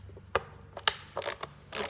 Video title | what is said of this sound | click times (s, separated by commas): Big mouth Billy bones 15 year edition (during repairs) | And you hear that click, that means that this has not been opened yet. | 0.4 s, 0.9 s